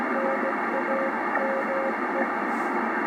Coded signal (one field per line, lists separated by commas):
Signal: Morse code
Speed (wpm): 16 wpm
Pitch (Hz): 530 Hz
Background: radio noise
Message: NAME